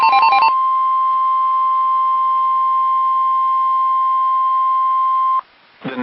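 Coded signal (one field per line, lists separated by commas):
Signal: Emergency Alert System (SAME) tones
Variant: 1050 Hz attention tone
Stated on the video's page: Received from NOAA Weather Radio station in Indianapolis, Indiana.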